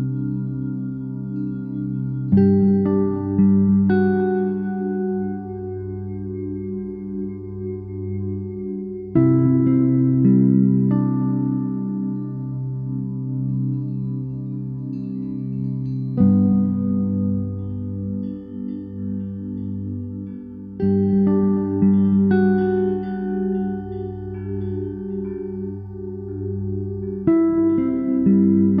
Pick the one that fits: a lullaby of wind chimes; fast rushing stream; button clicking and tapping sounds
a lullaby of wind chimes